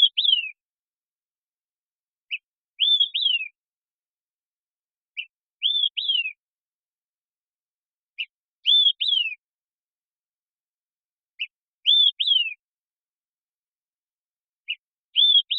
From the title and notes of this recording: Olive-Sided Flycatcher, Contopus cooperi. This song sequence was captured with a parabolic, processed clean for sound effects' use while maintaining natural rhythm and pace.